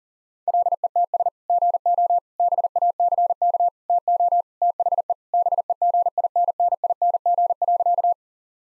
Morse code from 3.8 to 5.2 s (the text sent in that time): TO THE